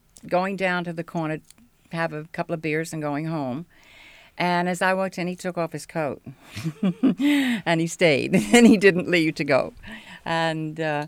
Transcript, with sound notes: going down to the corner to have a couple of beers and going home." And as I walked in he took off his coat ( she laughs ) and he stayed. And he didn't leave to go. And, uh,